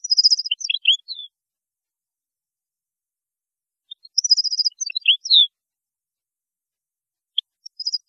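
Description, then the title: European goldfinch song, rapid liquid twittering phrases of high chirps with a few lower slurred notes, in two main bursts separated by a long pause, then the start of another. "Chant Chardonneret"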